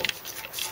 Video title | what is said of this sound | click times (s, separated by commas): Custom-Scenar 8= Dye Dam Matrix | soit l'emboîter, clac, comme ceci, | 0.1 s